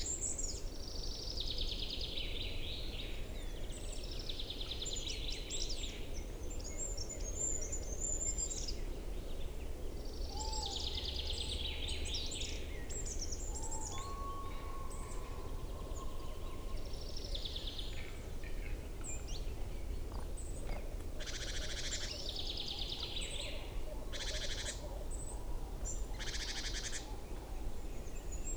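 A displaying capercaillie cock at its late-April lek in the forest. Bright, scratchy hissing bursts recur every few seconds throughout, growing sharper after twenty seconds, over a constant low rumble. Faint whistled bird calls appear around ten to sixteen seconds.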